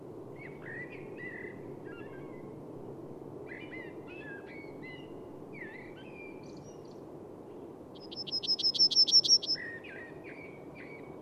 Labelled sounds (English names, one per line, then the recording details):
Yellowhammer song
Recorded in the wild
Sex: male
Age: adult
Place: Schönow, Naturpark Barnim, Brandenburg, DE
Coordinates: 52.6861, 13.5214
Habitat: bush
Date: 2005-03-31
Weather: clear, -2°C, weak wind
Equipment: Tascam DA-P1, Telinga Pro 5
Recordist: Frommolt, Karl-Heinz